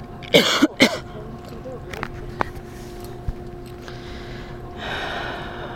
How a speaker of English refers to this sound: So you guys are like sniffing at me all day, so I'm assuming you guys are going, you're now switching it again.